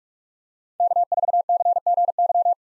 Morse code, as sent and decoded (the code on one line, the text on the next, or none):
-.- ....- -.-. --. -.--
K4CGY